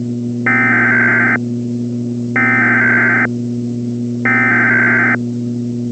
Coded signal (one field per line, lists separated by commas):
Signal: Emergency Alert System (SAME) tones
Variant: header bursts